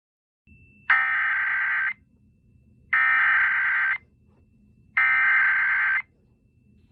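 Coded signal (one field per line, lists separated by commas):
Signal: Emergency Alert System (SAME) tones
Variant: header bursts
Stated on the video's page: Fictional EAS scenario about a 450 mph tornado, not a real alert.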